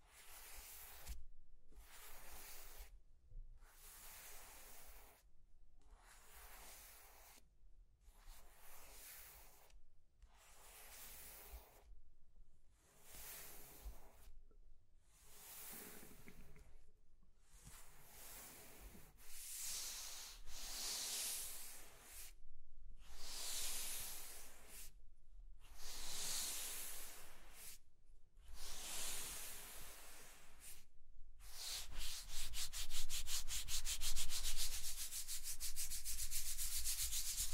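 Scratching and tracing sounds come in a steady series of hissy strokes, each lasting about a second with short silent gaps between them. The strokes grow louder and brighter toward the end, where the last several seconds become a fast, continuous rapid scratching.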